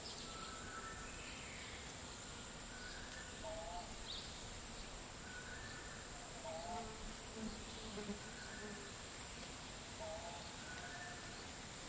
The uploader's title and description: Costa Rican Dry forest. Around midday in a dry forest in Nosara, Guanacaste